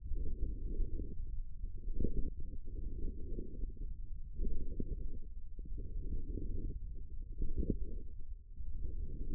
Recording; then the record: forearm muscle sounds (acoustic myography)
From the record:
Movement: forearm supination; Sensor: system 1, eight BSWA MPA416 microphones around the upper forearm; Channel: 5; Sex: male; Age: 54 years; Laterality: right